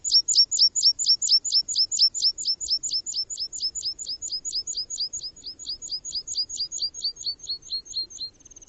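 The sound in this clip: Bird calling in a long, fast, steady series of high, sharp chirps, each dropping in pitch, fading slightly at the end.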